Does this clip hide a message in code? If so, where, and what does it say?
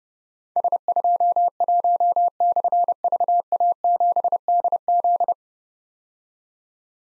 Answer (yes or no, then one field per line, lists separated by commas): yes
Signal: Morse code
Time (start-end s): 0.6-5.3 s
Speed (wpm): 30 wpm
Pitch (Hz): 700 Hz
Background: none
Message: S21/VA7DZ